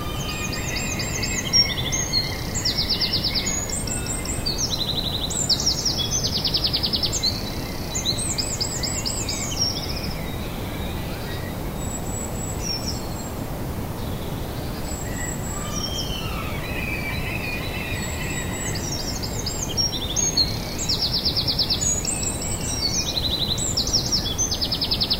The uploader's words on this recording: Bird chorus at sunrise in Danish city. A dawn chorus of chirping birds during sunrise in Denmark. It is a Saturday morning in late April.